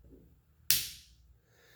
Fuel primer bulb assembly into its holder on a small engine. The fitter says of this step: and these two black clips on either side should snap into place i'll shut up so you can hear it